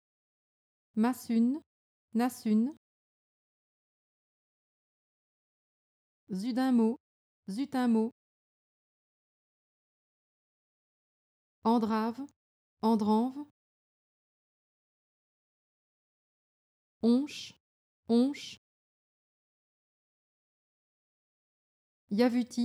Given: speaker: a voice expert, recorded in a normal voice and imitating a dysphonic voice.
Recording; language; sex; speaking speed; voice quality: pseudo-word pairs; French; female; fast speed; normal voice